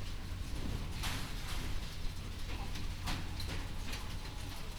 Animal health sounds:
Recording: poultry house recording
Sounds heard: healthy chickens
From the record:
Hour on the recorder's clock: 21

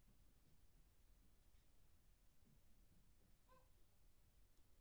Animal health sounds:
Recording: poultry house recording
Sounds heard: healthy chickens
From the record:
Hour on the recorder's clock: 0

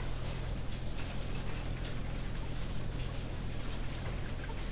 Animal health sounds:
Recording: poultry house recording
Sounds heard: healthy chickens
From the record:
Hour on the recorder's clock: 19

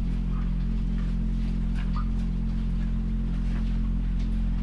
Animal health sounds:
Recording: poultry house recording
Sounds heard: sick chickens (respiratory disease)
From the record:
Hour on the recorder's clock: 1

